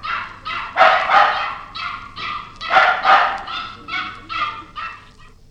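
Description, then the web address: Dog barking in a rapid, irregular series of sharp, harmonic barks, several close together, with a faint low hum underneath. Dogs barking, breed unknown. "Sound Effects-BBC Dogs"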